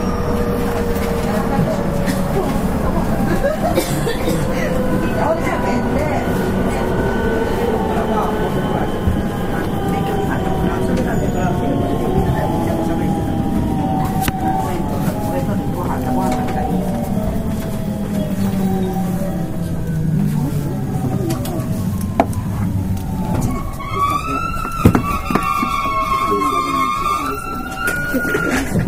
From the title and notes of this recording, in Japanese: JR西日本、223系電車の走行音です。神戸線の新快速列車にて収録しました。区間は、新大阪から三宮までです。神戸線新快速 新大阪から三宮まで。